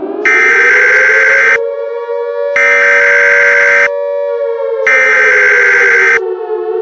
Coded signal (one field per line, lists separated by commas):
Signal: Emergency Alert System (SAME) tones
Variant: header bursts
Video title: EAS SCENARIO #5: FnF Werewolfs Vs Rexy (PART 1)